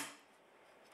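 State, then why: Not seated. A Ryobi RTS08 8 1/4" compact table saw's blade guard arms are being raised by hand toward their raised, clicked-in position. A burst of broadband handling noise at the start fades to a quiet, steady hiss, rising again slightly at the end. Nothing has clicked or seated yet.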